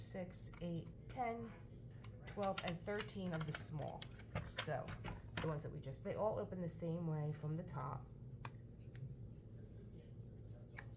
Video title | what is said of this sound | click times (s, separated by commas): ELIZABETH WARD STORAGE SYSTEM & JOIE ORGANIZER SYSTEM | they have a nice click a little finger pinch put them back and | 10.8 s